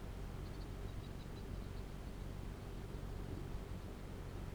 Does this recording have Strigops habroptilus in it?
no